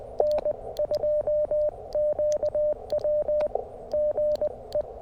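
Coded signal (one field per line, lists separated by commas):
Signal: Morse code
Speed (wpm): 20 wpm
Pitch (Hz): 600 Hz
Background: none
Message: N2QW GE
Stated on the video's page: QRP CW parks on the air activation on 20m and 40m, using a QMX transceiver, SP-4 paddles, and a Hamstick on a mag mount.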